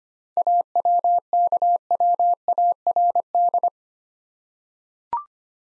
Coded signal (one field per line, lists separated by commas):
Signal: Morse code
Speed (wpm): 25 wpm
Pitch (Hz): 700 Hz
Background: none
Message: AWKWARD